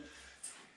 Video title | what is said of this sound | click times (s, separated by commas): The Good Stick Company & Todd LaBranche | just slide the shaft right in. There's a little click at the end, which | 0.4 s